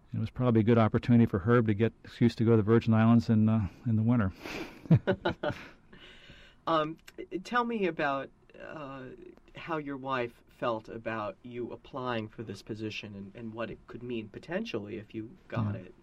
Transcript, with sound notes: it was probably a good opportunity for Herb to get seats to go to the Virgin Islands in the winter. (Laughs)
Tell me about how your wife felt about you applying for this position and what it could mean, potentially, if you got it.